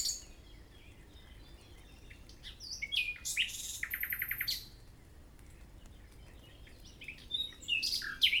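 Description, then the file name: Common nightingale song: scattered sharp chirps and whistles, then a fast run of repeated pulsed notes near the middle, silence, and a few more rich notes at the end. "Luscinia megarhynchos"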